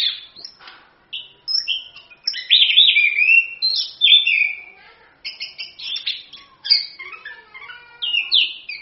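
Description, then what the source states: Orange-headed thrush song: energetic, varied phrases of sliding whistles, squeaky notes and rapid twitters, coming in bursts separated by short gaps. Full continuous song (gacor, ngerol); a masteran tutor song used as a pancingan lure to prompt other birds to sing.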